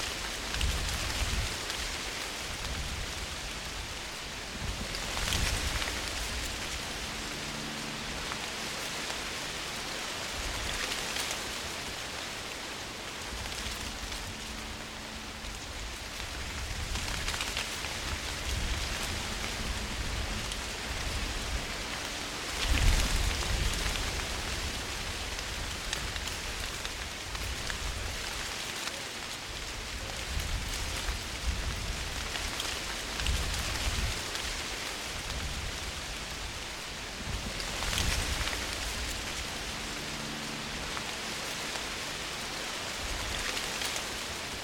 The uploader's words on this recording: Relaxing Rain & Wind Sounds.